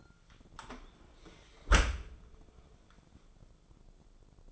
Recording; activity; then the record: daily activity, microphone in the room; close dishwasher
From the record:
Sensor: 5